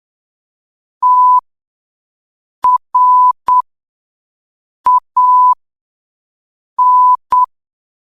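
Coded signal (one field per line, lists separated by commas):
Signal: Morse code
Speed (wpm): 8 wpm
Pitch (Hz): 1000 Hz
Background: none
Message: T R A N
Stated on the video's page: Beginner Morse code training drill, level 2.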